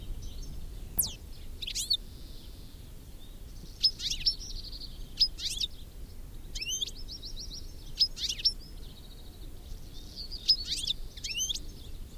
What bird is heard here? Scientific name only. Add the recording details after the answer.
Carduelis carduelis. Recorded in the wild. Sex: male. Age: adult. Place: Nürnberg, OT Kleingründlach, Bayern, DE. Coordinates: 49.5339, 10.9978. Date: 1964-06-07. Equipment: Vollspur. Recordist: Tretzel, Erwin